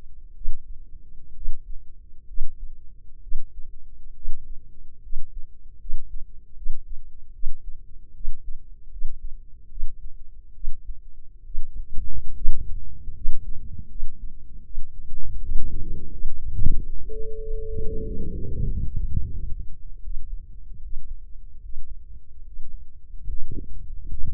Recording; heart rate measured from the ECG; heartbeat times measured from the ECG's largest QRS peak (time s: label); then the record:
heart sounds by microphone in the left ear; 76 bpm
0.33 s: heartbeat
1.32 s: heartbeat
2.25 s: heartbeat
3.19 s: heartbeat
4.12 s: heartbeat
5.00 s: heartbeat
5.77 s: heartbeat
6.53 s: heartbeat
7.31 s: heartbeat
8.12 s: heartbeat
8.88 s: heartbeat
9.67 s: heartbeat
10.52 s: heartbeat
11.42 s: heartbeat
12.32 s: heartbeat
13.12 s: heartbeat
13.86 s: heartbeat
14.61 s: heartbeat
15.38 s: heartbeat
16.08 s: heartbeat
16.73 s: heartbeat
17.37 s: heartbeat
18.03 s: heartbeat
18.66 s: heartbeat
19.27 s: heartbeat
20.01 s: heartbeat
20.79 s: heartbeat
21.59 s: heartbeat
22.41 s: heartbeat
23.23 s: heartbeat
24.05 s: heartbeat
From the record:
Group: healthy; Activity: rest 0-15 s, breath hold 15-24 s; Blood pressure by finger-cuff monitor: 107/71 mmHg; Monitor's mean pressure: 81 mmHg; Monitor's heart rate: 77 bpm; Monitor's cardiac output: 5.7 L/min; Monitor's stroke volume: 74 mL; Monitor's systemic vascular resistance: 990 dyn s/cm5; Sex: female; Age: 23 years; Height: 160 cm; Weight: 50.4 kg